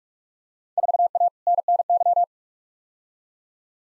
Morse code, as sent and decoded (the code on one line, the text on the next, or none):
....- .- / -. -. -.--
4A NNY